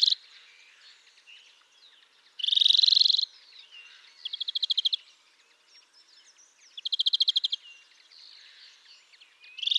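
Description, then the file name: European greenfinch calls: several rapid, dry trilled bursts, with fainter high chirps between them. "Chloris chloris"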